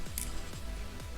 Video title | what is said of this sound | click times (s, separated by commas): COMPARISON: NOTA Studio Vs Takara Tony Nano Weapon Set for SH Figuarts Iron Man Mark 50 | It doesn't have that clicking sound. | none